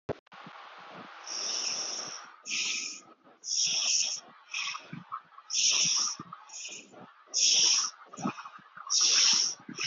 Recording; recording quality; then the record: shallow breathing; excellent, no background noise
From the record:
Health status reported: healthy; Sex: male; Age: 24 years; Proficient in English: yes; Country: India